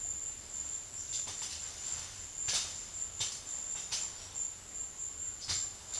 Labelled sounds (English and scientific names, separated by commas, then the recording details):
none
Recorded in secondary vegetation near Puerto Asís, Putumayo, Colombia, on 28 February 2025 at 12:30
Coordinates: 0.500, -76.326
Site GP04